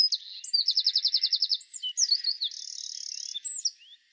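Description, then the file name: Eurasian wren singing loud, rapid high notes: a quick rattling trill, then jumbled twitters and a steady buzzy reeling trill before more sharp notes. "Troglodytes troglodytes"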